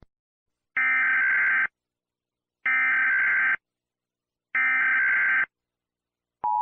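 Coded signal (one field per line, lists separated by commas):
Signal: Emergency Alert System (SAME) tones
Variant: header bursts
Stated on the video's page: A joke compilation of simulated alarms attributed to various countries, not real broadcasts.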